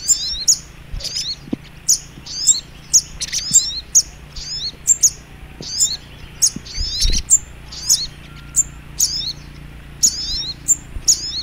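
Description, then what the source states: Little Spiderhunter song: thin, very high twittering phrases with quick downslurred notes, repeated rapidly, punctuated by sharp clicking bursts. Masteran training recording, labelled Labaik.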